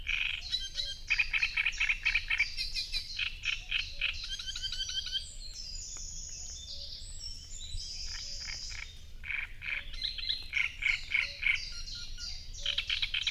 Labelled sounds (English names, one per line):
Great Reed Warbler song